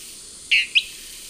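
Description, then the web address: Dwarf Tyrant-Manakin song: two short high notes in quick succession, the first longer, over a faint steady hiss. Song recorded in the eastern lowlands of South America. "S America Eastern Lowlands Tyranneutes stolzmanni, song"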